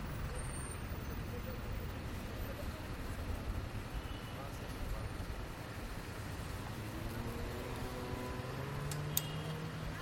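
A street soundscape recorded by bicycle through central Bogotá: a steady, dense rumble of traffic fills the whole clip. Faint voices come and go, and a low engine drone rises in the last few seconds, with a brief sharp click near nine seconds.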